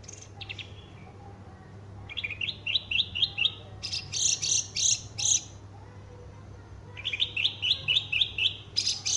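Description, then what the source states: Horsfield's bush lark singing: quick runs of repeated high notes and bright whistled bursts, with gaps between phrases and a constant low hum beneath. Described as an excellent bird with full song material.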